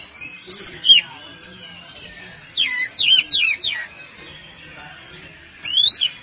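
Oriental magpie-robin song: loud, sweet whistled phrases with sharp downslurred notes in short bursts, separated by pauses of well over a second, over a faint steady background hiss.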